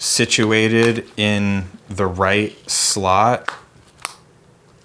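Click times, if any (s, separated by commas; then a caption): 4.1 s. Someone talks while repositioning a plastic strap clip into its slot on the strap system of a Wandrd V4 backpack. At 4.1 s there is a single sharp click as the clip releases and comes out of the slot, because it was not in the right spot.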